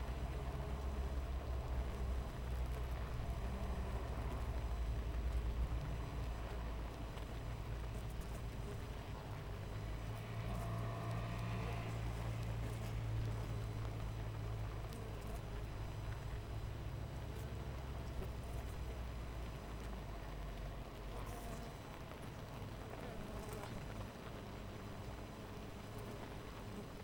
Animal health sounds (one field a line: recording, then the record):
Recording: honeybee colony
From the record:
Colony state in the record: missing queen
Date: 14 July 2017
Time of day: 6:44